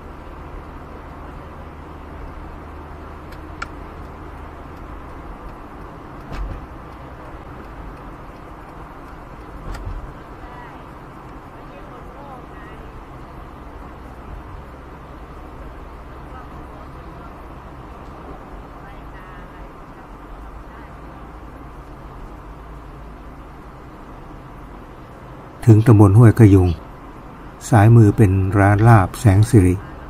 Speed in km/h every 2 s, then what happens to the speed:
75, 76, 76, 76, 76, 76, 74, 73, 71, 70, 69, 69, 68, 65, 62.
0-11 steady at about 76. 11-30 slows to 62.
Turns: none.